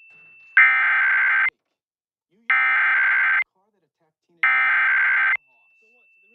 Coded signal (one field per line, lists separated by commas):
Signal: Emergency Alert System (SAME) tones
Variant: header bursts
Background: speech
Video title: Pennsylvania Required Monthly Tests (6/17/21)(EAS 746-752)